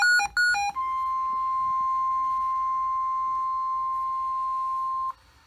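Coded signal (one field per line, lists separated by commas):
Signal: Emergency Alert System (SAME) tones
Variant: 1050 Hz attention tone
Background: music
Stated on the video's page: Real alerts received mostly on NOAA Weather Radio transmitter KEC92, some on WXM57 and KJY99, and one on television station WHRO-TV.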